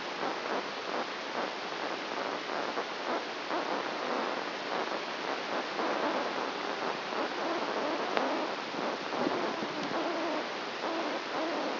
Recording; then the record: brain microelectrode recording played as sound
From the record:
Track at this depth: outside the subthalamic nucleus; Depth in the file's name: 0.314 mm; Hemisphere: right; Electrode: 2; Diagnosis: Parkinson's disease